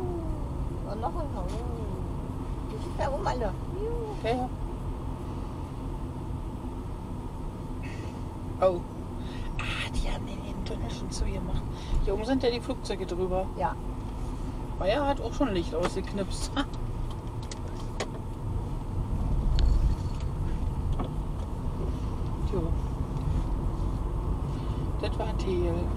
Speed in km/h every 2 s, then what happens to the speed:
25, 25, 25, 23, 22, 23, 24, 24, 22, 23, 22, 21, 20.
0-26 steady at about 23.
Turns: none.